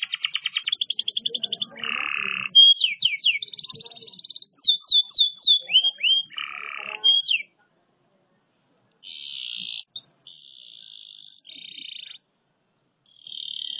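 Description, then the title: Canary song: varied tours of buzzy trills and swooping whistles, a short pause, then further dry rattling trills. Champion canary. "Kicau Burung Kenari Juara"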